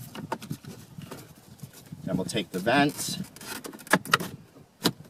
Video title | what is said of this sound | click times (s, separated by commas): 2013+ Ford Fusion Alternate GPS Antenna Placement | be sure to reconnect the hazard switch by sliding it in till it clicks then | 0.3 s